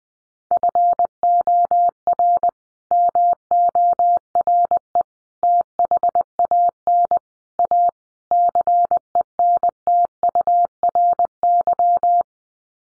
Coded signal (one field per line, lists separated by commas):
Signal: Morse code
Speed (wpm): 20 wpm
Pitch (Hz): 700 Hz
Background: none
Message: FOR MORE THAN A CENTURY